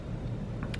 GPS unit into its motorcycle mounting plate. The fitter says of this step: The GPS just pops into place, and this little latch keeps it in position.